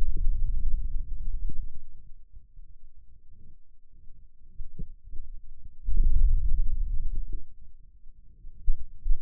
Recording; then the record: forearm muscle sounds (acoustic myography)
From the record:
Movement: hand opening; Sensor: system 2, bracelet of six BSWA MPA416 microphones around the upper forearm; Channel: 2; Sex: male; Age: 22 years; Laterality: right